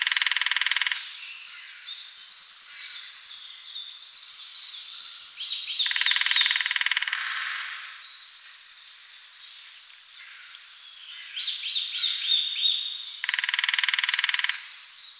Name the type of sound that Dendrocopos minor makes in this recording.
drumming